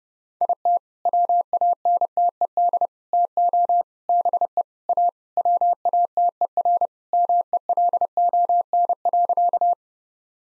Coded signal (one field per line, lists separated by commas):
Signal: Morse code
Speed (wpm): 30 wpm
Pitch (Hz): 700 Hz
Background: none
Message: IT WANTED TO BE A WATERMELON.